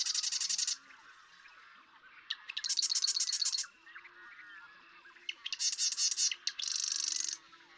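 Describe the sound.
Marsh Wren song: four bursts of rapid, rattling buzz, each under a second, some introduced by quick dry ticks.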